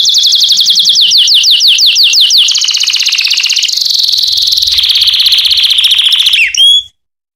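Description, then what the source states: Canary song: a fast run of repeated descending sweeps, flowing into sustained rolling trills that shift pitch, ending abruptly with a short whistle. Canary song intended for training young canaries to sing.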